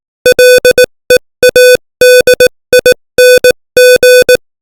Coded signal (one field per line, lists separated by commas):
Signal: Morse code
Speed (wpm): 18 wpm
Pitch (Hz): 500 Hz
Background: music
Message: LEADING